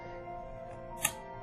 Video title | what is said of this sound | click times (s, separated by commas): Portable Bed Rail Installation - Easy Comforts | until they pop into place | 1.0 s